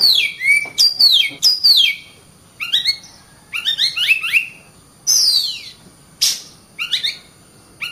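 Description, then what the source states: Nightingale song of rapid clicks, swooping downward whistles and short rising chirps in quick separate phrases, with brief pauses throughout. Song played to train cage birds to sing.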